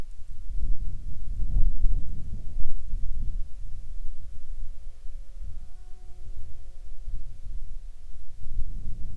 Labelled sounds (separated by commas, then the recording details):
wind, insects
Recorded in Ivvavik National Park, Yukon, on 8 June 2019 at 16:42
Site SINP10